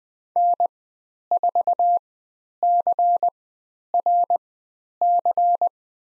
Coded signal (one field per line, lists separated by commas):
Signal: Morse code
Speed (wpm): 20 wpm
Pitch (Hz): 700 Hz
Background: none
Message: N4CRC